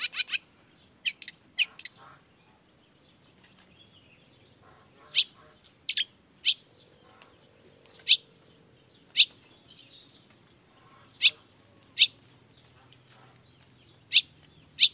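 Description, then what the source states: Long-tailed shrike starting with a rapid stuttering burst of notes, then loud sharp clicks repeated roughly every second over a quiet background. Lively long-tailed shrike singing in the morning with 'toet toet' sound variations, used to stimulate lazy shrikes into singing along quickly.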